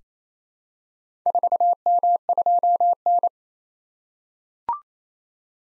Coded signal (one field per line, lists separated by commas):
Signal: Morse code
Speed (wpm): 28 wpm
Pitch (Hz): 700 Hz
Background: none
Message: 4M2N